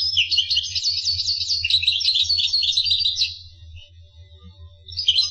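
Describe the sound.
Finch song, a fast high twittering warble for about three seconds, then a pause and a new phrase starting; steady low hum underneath.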